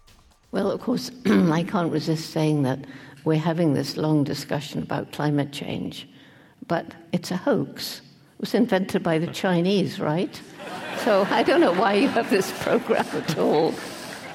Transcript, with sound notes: Well, of course, I can't resist saying that we’re having this long discussion about climate change, but it's a hoax, it was invented by the Chinese right?
[Laughter]
So I don’t know why you have this program at all,